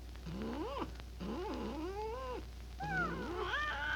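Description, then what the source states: Domestic cat uttering three short, bending yowls that rise and dip quickly, with brief pauses between. Described as growling.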